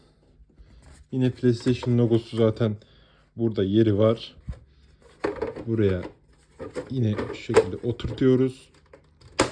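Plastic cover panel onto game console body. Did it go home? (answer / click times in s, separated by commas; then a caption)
yes / 9.4 s. A colored plastic cover panel is pressed onto the front of a PlayStation 5 console while someone talks. A few faint ticks lead into a sharp snap at 9.4 s as the panel seats home, and the cover change is done.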